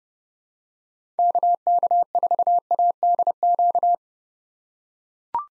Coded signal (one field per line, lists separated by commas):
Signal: Morse code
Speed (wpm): 30 wpm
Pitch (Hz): 700 Hz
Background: none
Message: KK4ADQ